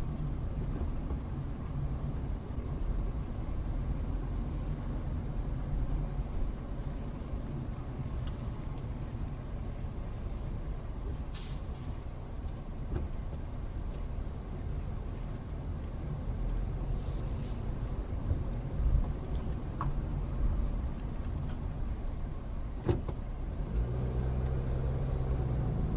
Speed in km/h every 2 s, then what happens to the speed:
15, 15, 15, 11, 10, 6, 8, 10, 15, 16, 8, 8, 16.
0-12 steady at about 11. 12-18 speeds up to 16. 18-20 brakes to 8. 22-26 speeds up to 16.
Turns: 0-3, 6-16, 20-26.